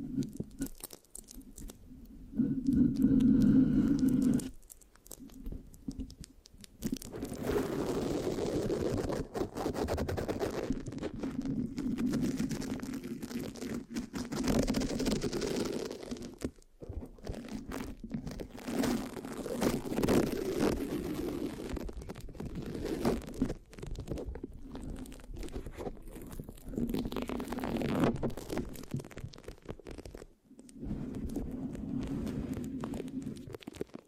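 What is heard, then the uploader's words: Close, scratchy rubbing and sticky tapping on a microphone, with dense crackling texture and a low thudding body. A loud burst of handling around three to four seconds, then steady scratching runs with brief pauses near five, sixteen and thirty seconds. ASMR Giving You a Brain Peel Mic Scratching, Sticky, Brain Massage Triggers (No Talking).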